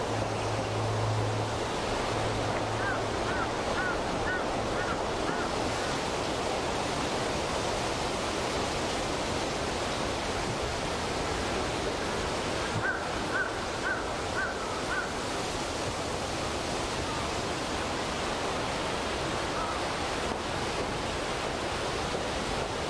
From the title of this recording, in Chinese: 森林间的风